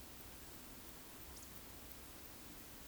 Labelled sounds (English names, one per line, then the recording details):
Eurasian Woodcock whistle
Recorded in Baden-Württemberg, Germany, on 13 June 2021 at 19:59 UTC
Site 23718, 552 m above sea level